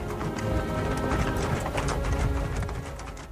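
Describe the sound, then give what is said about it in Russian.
Rapid, rhythmic hoofbeats of a horse galloping out through gates, ridden by grey-haired Hamo holding a jewel box, pound steadily and loudly throughout, a dense clattering pattern with no voices. “Послышался стук копыт, и мне краем глаза удалось увидеть седоволосого Хамо, галопом выскочившего из ворот и держащего в руке шкатулку с драгоценностями.”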